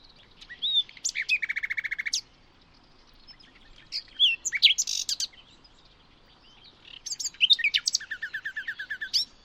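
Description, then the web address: Bird song, three bouts of high chirping and trilling separated by short silences, the first and last each with a rapid repeated rattle. "Bird Only"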